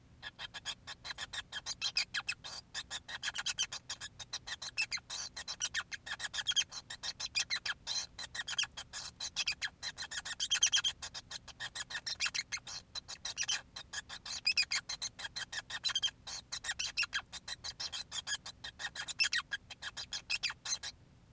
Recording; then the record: song of a male Bengalese finch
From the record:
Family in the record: son of father 5